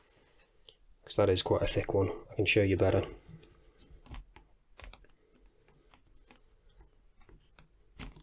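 A watch on its cushion is being handled to go back into its slot in a watch roll case. Someone talks over it, followed by light handling clicks and rustles. Nothing has seated or clicked into place yet.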